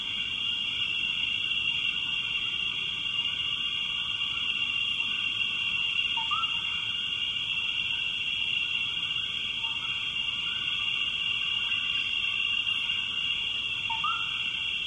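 Frog calls, a few short rising notes over a steady high shrill drone that runs throughout.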